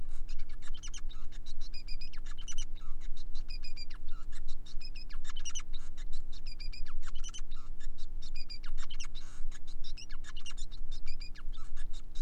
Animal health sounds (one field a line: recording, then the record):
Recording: song of a male Bengalese finch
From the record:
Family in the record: son of father 5